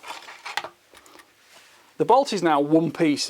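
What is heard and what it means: Pressing the bolt release lever beside the trigger guard of a Sauer 505 ErgoLux rifle in .308 gives a sharp hit at 0.6 s, followed by faint sliding and scraping as the steel bolt is drawn out of the rifle action. Someone talks from about 2.0 s, and the bolt is released and withdrawn.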